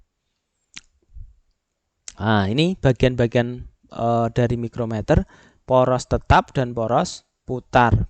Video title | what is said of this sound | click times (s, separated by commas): JANGKA SORONG DAN MIKROMETER SKRUP | sampai terdengar Klik nanti dikunci ya | 0.8 s